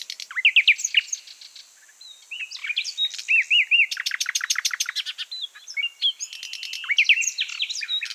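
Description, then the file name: Common nightingale song: varied phrases of rising whistles, rapid buzzy trills and sharp repeated clicking notes, with a brief quieter pause, and a steady high hiss behind. "Luscinia megarhynchos"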